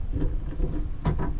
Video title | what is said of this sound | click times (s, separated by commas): Chevrolet Silverado/GMC Tailgate Handle and Trim Install | all the way down until you hear it click right there | 1.1 s